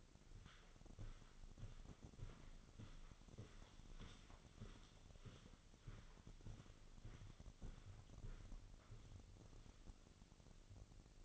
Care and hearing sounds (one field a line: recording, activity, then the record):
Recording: daily activity, microphone in the room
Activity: walk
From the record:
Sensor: 4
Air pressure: 1010.1 hPa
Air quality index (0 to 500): 175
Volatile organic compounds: 2 ppm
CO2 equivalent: 1268 ppm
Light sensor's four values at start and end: 57/141/59/65 and 57/142/60/65